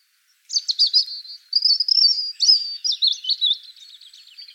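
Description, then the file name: European robin song: a single sustained phrase of sweet high whistles and rapid trills, starting after brief silence, with a short pause near the middle, and fading into a thin warble. "Erithacus rubecula"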